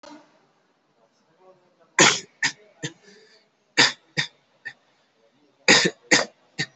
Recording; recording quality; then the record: shallow voluntary cough; excellent, no background noise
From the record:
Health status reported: COVID-19 positive, moderate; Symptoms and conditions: cough, cold, breathing difficulty, sore throat, fever, loss of smell and taste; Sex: male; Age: 23 years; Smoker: not ticked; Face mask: not worn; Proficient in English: yes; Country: India